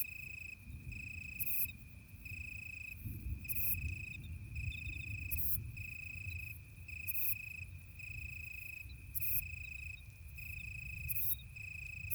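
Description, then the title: Italian tree cricket singing sustained, pure trilled phrases split by brief pauses, with hissy bursts from another insect and a low rumbling background. Italian tree cricket singing in deep darkness on a moonless night during a thunderstorm with occasional lightning; Ephippiger vineyard bush-cricket and tinkling crickets audible in background. "naturophonie. Un grillon sous l'orage"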